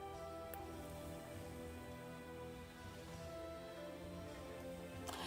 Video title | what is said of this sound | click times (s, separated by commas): Beebeecraft Unboxing And Tutorial by Lexi Butler Designs | They do fit, and they have a nice, you can hear them snap. | 0.5 s, 5.1 s